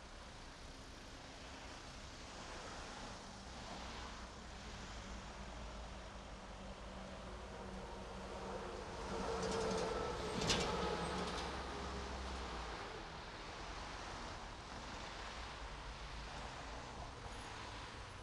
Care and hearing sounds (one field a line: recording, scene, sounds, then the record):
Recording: everyday scene through a hearing-aid microphone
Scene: in traffic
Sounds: traffic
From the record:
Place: main road on the outskirts, rush hour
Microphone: in the ear canal, right